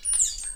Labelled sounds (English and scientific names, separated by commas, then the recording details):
Stitchbird (Notiomystis cincta) song
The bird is a male
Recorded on Tiritiri Matangi Island, New Zealand, in 2005
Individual 11, of nest box 13